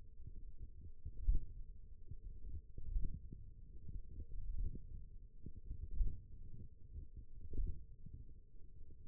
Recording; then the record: forearm muscle sounds (acoustic myography)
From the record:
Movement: hook grip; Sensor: system 1, eight BSWA MPA416 microphones around the upper forearm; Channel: 3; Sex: female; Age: 20 years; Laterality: right